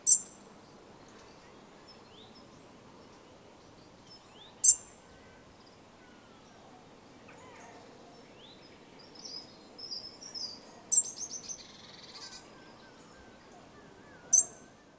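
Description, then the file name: European robin giving sharp, high ticking calls spaced several seconds apart, with a brief burst of thin, twittering notes in the middle and a low steady background hum. "Erithacus rubecula"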